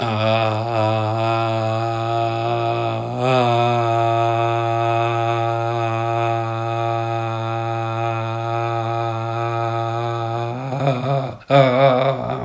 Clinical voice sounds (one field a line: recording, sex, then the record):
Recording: sustained vowel /a/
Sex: male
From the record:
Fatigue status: no fatigue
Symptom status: asymptomatic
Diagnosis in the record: COVID-19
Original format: m4a